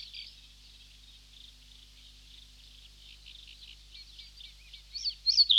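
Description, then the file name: Reed bunting calls: soft, high twittering that gradually builds, ending in several louder, sharp, thin notes. "Reed Bunting (Emberiza schoeniclus)"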